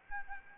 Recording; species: mosquito wingbeat signal from an infrared sensor; Aedes albopictus